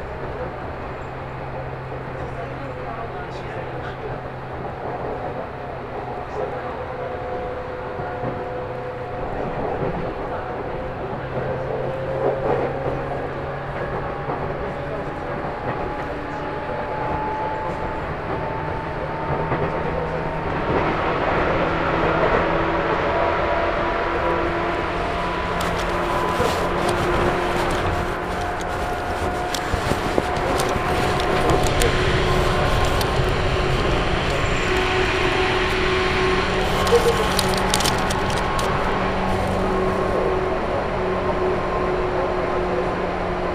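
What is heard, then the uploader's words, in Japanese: A local train on the Chuo East Line rumbles steadily, with low hums and rising whine tones, brighter clattering after twenty seconds, and murmured voices. 中央東線普通 大月→高尾。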